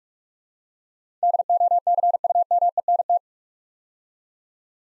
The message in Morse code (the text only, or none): DOCUMENT